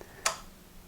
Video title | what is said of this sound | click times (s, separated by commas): Festool Domino XL DF 700 Joiner | and you hear audible click and the two halves are now disengaged | 0.3 s